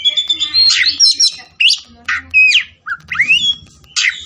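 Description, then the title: Oriental magpie-robin giving short punchy phrases of rising whistles and scratchy notes, separated by tiny pauses. Kacer fighting song, styled ngotot full tembakan, meant to make a kacer fight. "Kacer Langsung Tarung Konslet KACER NGOTOT FULL TEMBAKAN"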